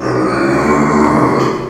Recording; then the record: squeal of a Yucatan mini pig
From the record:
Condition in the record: before surgery on the right vocal fold (resection and tissue-engineered implant); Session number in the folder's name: 1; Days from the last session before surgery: -3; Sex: male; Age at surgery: 12 weeks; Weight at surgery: 13 kg